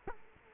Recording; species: mosquito wingbeat signal from an infrared sensor; Culex quinquefasciatus